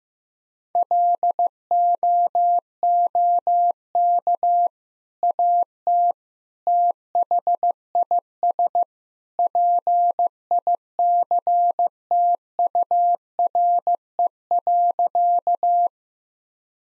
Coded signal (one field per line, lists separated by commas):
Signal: Morse code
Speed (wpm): 15 wpm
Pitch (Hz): 700 Hz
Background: none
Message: LOOK AT THIS PICTURE.